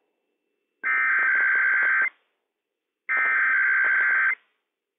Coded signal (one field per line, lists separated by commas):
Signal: Emergency Alert System (SAME) tones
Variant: header bursts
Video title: 11/16/20 - Required Weekly Test - WWF56 - EAS #12